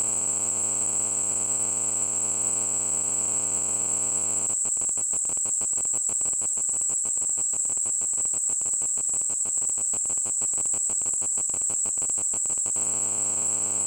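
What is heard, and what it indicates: Synthesized tinnitus sound from gtl.org: a steady high-pitched tone near 8 kHz over a faint hiss, broken by a stretch of rapid pulsing in the middle before the steady tone returns. Tinnitus simulation.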